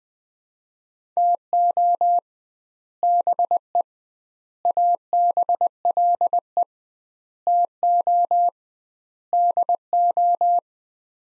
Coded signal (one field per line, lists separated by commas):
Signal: Morse code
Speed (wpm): 21 wpm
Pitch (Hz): 700 Hz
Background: none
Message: TO BE ABLE TO DO